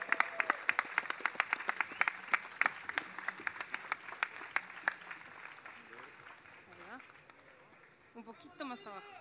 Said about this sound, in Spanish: Fuerte el aplauso para recibirla.